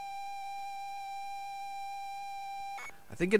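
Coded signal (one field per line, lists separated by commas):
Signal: ZX Spectrum tape loading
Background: speech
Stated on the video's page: ZX Spectrum tape loading from an unknown tape, with possible tape errors.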